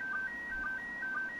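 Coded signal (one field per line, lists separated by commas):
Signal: SSTV (slow-scan television)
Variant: PD120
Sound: alternating steady mid and higher whistle tones with a short low blip twice a second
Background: radio static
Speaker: we going to get it are we going to get it is it going to finish before it goes below the horizon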